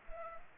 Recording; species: mosquito wingbeat signal from an infrared sensor; Culex pipiens